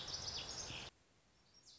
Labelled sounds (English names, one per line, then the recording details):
Lazuli Bunting
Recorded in Sonoma County, California